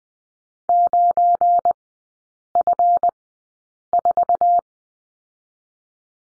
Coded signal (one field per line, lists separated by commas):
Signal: Morse code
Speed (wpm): 20 wpm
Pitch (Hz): 700 Hz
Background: none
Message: 9F4